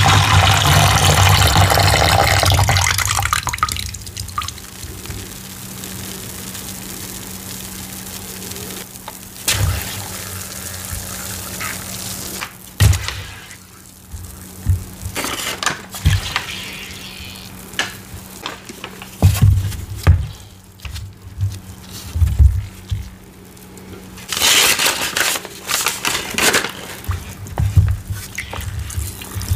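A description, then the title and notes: Water pours in a loud, full rush for the first few seconds, then stops. Afterward, soft wet crackling and crinkling continue, with sharp squishes and short bursts around 13, 19 and 24 seconds over a steady low hum. Pouring Blue Water to Dye Gym Chalk. Loud ASMR pouring, soaking, creaking, and oddly satisfying water sounds.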